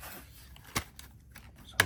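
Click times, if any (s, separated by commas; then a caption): 1.8 s. The plastic back cover of an MSI Claw A8 Ryzen Z2 Extreme handheld gaming PC is pressed back onto the chassis after a 2TB NVMe SSD replacement. Soft handling noises and light taps at 0.8 s and 1.0 s lead up to a sharp, bright click at 1.8 s as the cover's clips snap home and the cover is seated.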